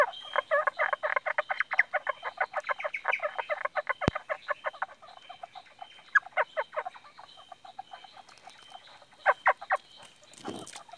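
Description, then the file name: Indian bronzed frog produces long rattling trains of clucking pulses that slow into scattered notes, with a sharp click midway and a faint rustle near the end. "Indosylvirana temporalis"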